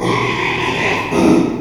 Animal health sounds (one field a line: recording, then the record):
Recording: squeal of a Yucatan mini pig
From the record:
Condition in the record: after surgery on the right vocal fold (resection and tissue-engineered implant)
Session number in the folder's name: 1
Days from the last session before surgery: 6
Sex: male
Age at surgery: 12 weeks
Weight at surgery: 13 kg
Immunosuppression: cyclosporine, prednisolone